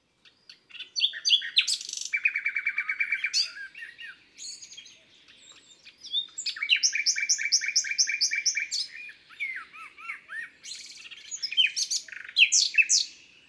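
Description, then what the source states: Common nightingale delivering rapid rattling series of repeated notes, a quieter stretch, then more bursts of fast pulsed phrases mixed with whistled slurs. Recorded in Isère, France.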